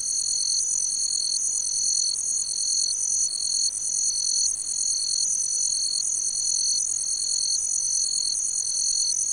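Cricket stridulation, an unbroken shrill high trill layered over a lower tone that pauses briefly at regular intervals of under a second throughout.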